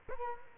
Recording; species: mosquito wingbeat signal from an infrared sensor; Culex quinquefasciatus